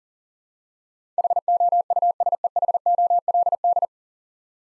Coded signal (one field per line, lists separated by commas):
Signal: Morse code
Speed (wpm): 40 wpm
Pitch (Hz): 700 Hz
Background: none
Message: HOUSEHOLD